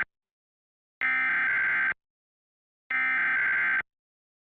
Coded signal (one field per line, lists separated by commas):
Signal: Emergency Alert System (SAME) tones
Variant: header bursts